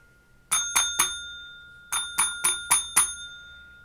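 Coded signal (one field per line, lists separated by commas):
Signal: bell signal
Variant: UK railway block bell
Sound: three quick bell dings, a pause, then five quick bell dings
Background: quiet room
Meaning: Three pause five means cancelling the previous signal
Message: 3-5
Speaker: we'll cancel it which is a three PA 5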